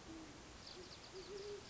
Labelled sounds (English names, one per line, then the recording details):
Great Horned Owl
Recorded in Sonoma County, California